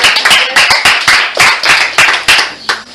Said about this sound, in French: Applaudissez pour elle, applaudissez pour elle.